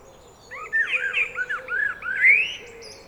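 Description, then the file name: Eurasian blackbird song: one rich, fluty warbled phrase of rolling whistled notes lasting about two seconds, ending on a brighter rising note. "Turdus merula"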